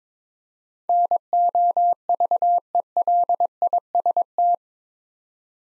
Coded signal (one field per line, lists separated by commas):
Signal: Morse code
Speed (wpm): 22 wpm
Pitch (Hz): 700 Hz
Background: none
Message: NOVELIST